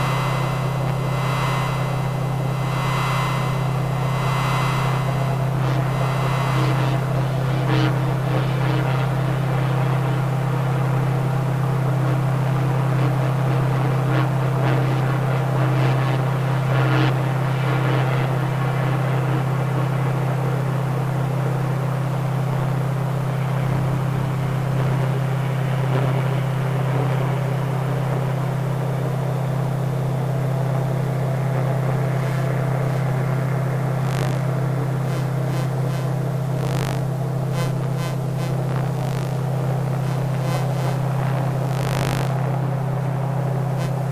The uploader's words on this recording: I took a Soma Ether and scanned the em fields of my modem, server, gas boiler and light fittings. The output was then fed through Beads, Clouds and Wires .